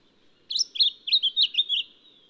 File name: Microeca Flavigaster